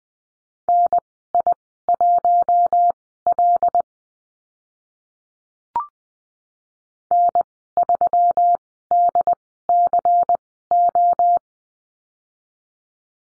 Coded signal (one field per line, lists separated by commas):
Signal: Morse code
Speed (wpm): 20 wpm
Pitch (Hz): 700 Hz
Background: none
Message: NI1L N3DCO